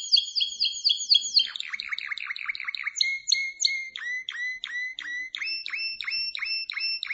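Canary song of fast repeated chirped notes, switching between several tours of downward-sweeping notes at about four per second.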